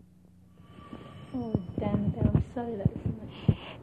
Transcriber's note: phone ringing, voices